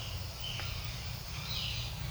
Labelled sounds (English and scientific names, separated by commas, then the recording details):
Violaceous Jay (Cyanocorax violaceus)
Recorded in secondary vegetation near Puerto Asís, Putumayo, Colombia, on 9 March 2025 at 07:30
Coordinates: 0.498, -76.327
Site G001